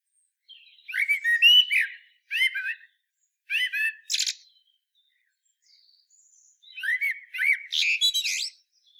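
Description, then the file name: Common blackbird delivering short fluty song phrases, some capped with shrill squeaky notes, then a quieter gap before a longer warble ending in twitters. "Turdus merula"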